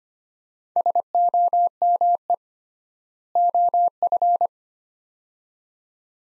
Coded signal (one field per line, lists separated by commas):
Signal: Morse code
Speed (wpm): 25 wpm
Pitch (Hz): 700 Hz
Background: none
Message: SOME OF